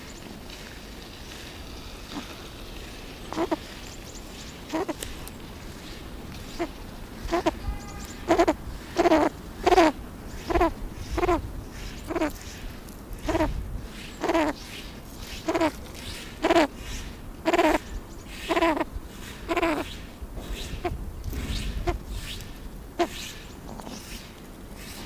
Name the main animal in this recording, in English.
Cabot's Tragopan